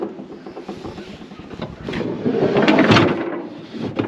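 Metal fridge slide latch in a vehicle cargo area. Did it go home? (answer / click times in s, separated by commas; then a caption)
yes / 4.0 s. A BougeRV Dualzone fridge freezer on its metal slide, with the included straps attached, is pushed back into a vehicle cargo area, making light knocks at about 0.7 s and 1.6 s and then a swelling rolling, rumbling slide noise that peaks around 2.5–3.0 s. The metal slide latch catches with a sharp click at 4.0 s, locking the fridge in its closed position.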